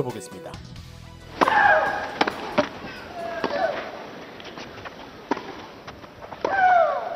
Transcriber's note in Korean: 녹취: 테니스 경기 현장음